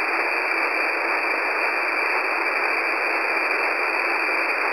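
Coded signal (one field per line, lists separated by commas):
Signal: HF data modem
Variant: XPA2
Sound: continuous wide rushing hiss-like data signal with sharp edges, unchanging throughout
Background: radio static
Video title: XPA2 Data Mode 08/07/2023 0910 UTC 13445kHz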